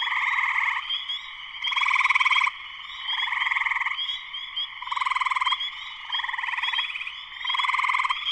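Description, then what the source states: Chorus of spring peepers, steady high-pitched calls overlaid by repeated pulsing swells. Full chorus shortly after sunset, Sleeping Bear Dunes National Lakeshore, northern Michigan, USA.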